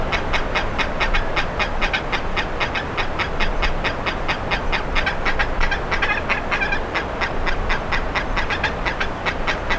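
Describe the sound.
Bird calls come as a dense string of rapid, rasping notes over low rumble and continuous hiss.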